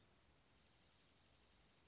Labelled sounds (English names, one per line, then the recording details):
Dark-eyed Junco
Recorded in Sonoma County, California